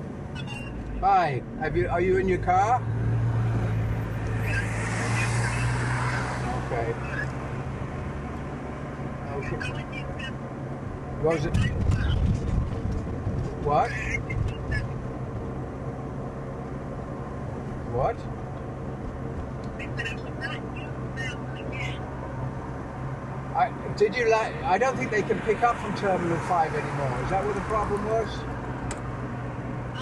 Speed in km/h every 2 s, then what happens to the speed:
26, 30, 38, 41, 41, 41, 41, 39, 43, 41, 39, 41, 41, 41, 38.
0-6 speeds up to 41. 6-30 steady at about 41.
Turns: none.